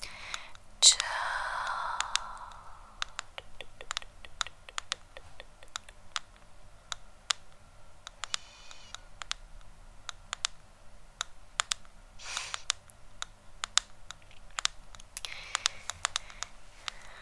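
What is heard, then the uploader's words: Quick, irregular tapping on a camera body fills the clip, dry clicks coming several times a second like typing on a keyboard. Near the start a brighter scraping rattle swells and fades within two seconds, and a faint low hum sits underneath throughout. Camera Tapping.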